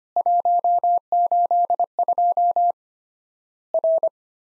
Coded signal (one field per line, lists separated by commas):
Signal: Morse code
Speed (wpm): 25 wpm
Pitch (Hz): 700 Hz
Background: none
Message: 182 R